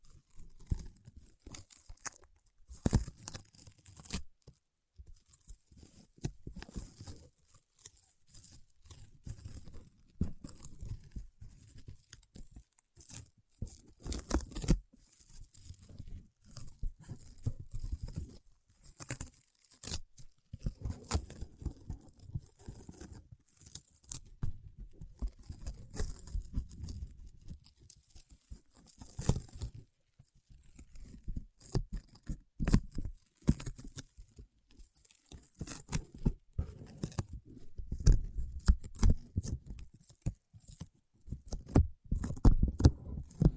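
Paraffin wax being peeled, tapped and scratched, heard as dense, irregular bursts of crackling and scraping throughout. Sharp clicks and taps cut through the rustle every second or so, with low thumps in places. The activity grows busier and louder near the end.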